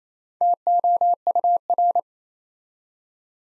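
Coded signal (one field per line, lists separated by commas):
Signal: Morse code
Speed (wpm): 29 wpm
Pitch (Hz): 700 Hz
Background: none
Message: TOUR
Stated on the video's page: Morse code practice building four-letter words two letters at a time at 28 wpm, for beginners working on instant character recognition.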